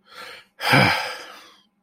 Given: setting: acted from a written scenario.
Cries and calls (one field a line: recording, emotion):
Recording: vocal sound without words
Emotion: serenity